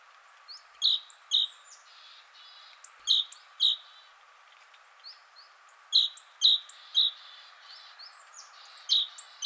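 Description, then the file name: Great tit giving sharp, ringing two-note phrases in short bursts of several, repeated several times with brief pauses and faint hiss in the background. "Parus major"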